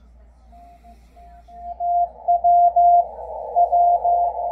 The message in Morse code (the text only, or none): TW W